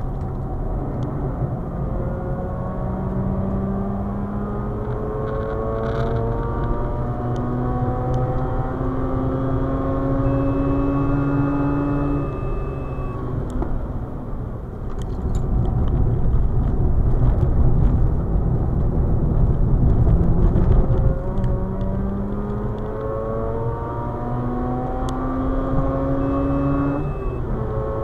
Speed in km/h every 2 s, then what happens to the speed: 77, 88, 101, 111, 120, 125, 87, 74, 70, 73, 90, 106, 121, 127.
0-10 speeds up to 125. 10-17 brakes to 70. 17-28 speeds up to 127.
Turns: 0-4, 12-19.